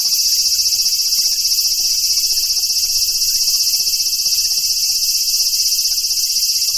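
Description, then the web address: Large brown cicada song: a constant high sizzle with quick regular pulsing, unvarying from start to finish. "sikioto insect aburazemi"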